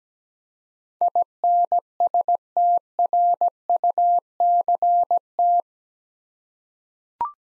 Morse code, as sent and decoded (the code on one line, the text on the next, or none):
.. -. ... - .-. ..- -.-. -
INSTRUCT